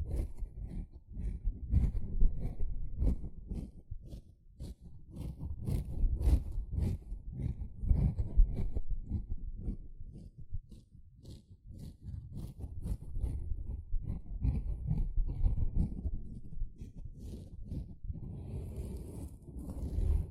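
A sponge is scrubbed and squished in dense, rapid strokes, low and rough, swelling and easing in waves, with a brighter scratchy burst near the end.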